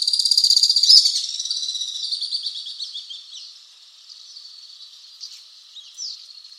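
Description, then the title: Alpine swift trilling song: loud, rapid pulsed chatter in the first two seconds, fading to quieter trills and a few isolated sharp notes. "Le chant du martinet à ventre blanc"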